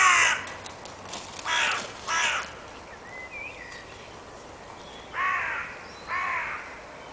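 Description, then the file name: Carrion crow calls: a series of harsh, hoarse caws in loose groups, with a faint thin chirp from another bird in the middle. "Corvus corone"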